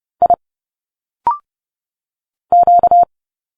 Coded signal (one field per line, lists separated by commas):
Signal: Morse code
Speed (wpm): 30 wpm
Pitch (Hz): 700 Hz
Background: none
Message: I Q